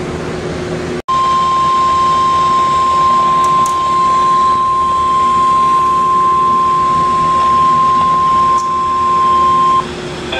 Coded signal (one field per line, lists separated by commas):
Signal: Emergency Alert System (SAME) tones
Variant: 1050 Hz attention tone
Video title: A CURSED EVENT.... | EAS Alerts from 7/16/24 | EAS#908-1,011